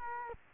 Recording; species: mosquito wingbeat signal from an infrared sensor; Culex quinquefasciatus